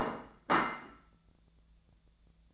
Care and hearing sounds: daily activity, microphone in the room; place plate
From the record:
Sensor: 3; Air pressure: 1000.2 hPa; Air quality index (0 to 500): 138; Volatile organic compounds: 2 ppm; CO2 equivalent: 1227 ppm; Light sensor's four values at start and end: 35/89/38/41 and 35/88/38/41

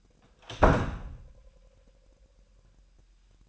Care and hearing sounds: daily activity, microphone in the room; close door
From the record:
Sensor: 2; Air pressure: 998.3 hPa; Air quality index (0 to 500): 138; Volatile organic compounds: 4 ppm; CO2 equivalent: 1568 ppm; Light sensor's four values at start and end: 12/35/14/14 and 12/35/14/14

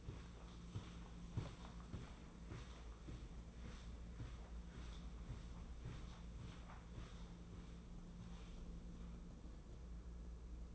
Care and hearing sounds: daily activity, microphone in the room; walk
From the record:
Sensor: 1

